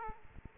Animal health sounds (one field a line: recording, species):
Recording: mosquito wingbeat signal from an infrared sensor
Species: Aedes aegypti